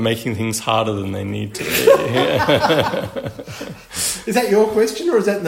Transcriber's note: laughs